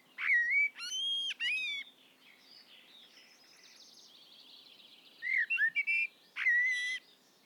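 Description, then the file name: Common blackbird song: a mellow fluted whistled phrase, a quiet high twittering passage, a brief burst of squeaky notes, then a final whistled phrase. "Turdus merula"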